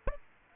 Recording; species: mosquito wingbeat signal from an infrared sensor; Aedes aegypti